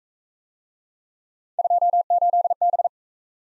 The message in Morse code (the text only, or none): 28B